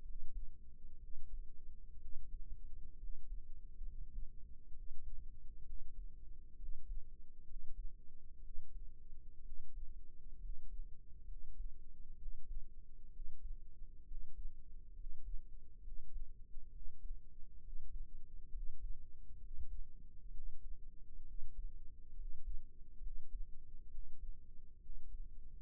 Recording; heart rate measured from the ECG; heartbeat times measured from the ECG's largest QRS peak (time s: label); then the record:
heart sounds by microphone in the right ear; 65 bpm
0.02 s: heartbeat
0.98 s: heartbeat
1.99 s: heartbeat
2.97 s: heartbeat
3.82 s: heartbeat
4.72 s: heartbeat
5.63 s: heartbeat
6.57 s: heartbeat
7.44 s: heartbeat
8.41 s: heartbeat
9.42 s: heartbeat
10.39 s: heartbeat
11.25 s: heartbeat
12.16 s: heartbeat
13.10 s: heartbeat
14.05 s: heartbeat
14.94 s: heartbeat
15.81 s: heartbeat
16.70 s: heartbeat
17.60 s: heartbeat
18.50 s: heartbeat
19.39 s: heartbeat
20.31 s: heartbeat
21.24 s: heartbeat
22.15 s: heartbeat
23.00 s: heartbeat
23.88 s: heartbeat
24.80 s: heartbeat
From the record:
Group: healthy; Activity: rest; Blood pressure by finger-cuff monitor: 102/66 mmHg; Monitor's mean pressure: 78 mmHg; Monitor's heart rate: 65 bpm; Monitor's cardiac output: 5.7 L/min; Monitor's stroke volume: 87 mL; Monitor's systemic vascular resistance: 990 dyn s/cm5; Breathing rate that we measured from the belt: 16 breaths a minute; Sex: male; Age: 22 years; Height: 181 cm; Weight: 79 kg